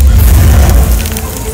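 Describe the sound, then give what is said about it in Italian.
A farm deliberately set on fire at night burns as a large blaze, roaring steadily with a heavy low rumble and a dense crackling hiss above it, staying loud throughout and easing slightly near the end. “Senza preoccuparsi in alcun modo di Thomas, diedero fuoco alla fattoria.”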